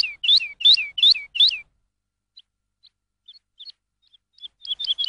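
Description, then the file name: Lark song: a run of five sharp, bright whistled chirps, then faint scattered notes, then a quicker burst of chirps at the end. Lark song used for training songbirds. "suara masteran lark"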